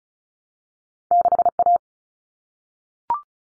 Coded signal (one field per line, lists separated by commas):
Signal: Morse code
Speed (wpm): 34 wpm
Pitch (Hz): 700 Hz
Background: none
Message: 6A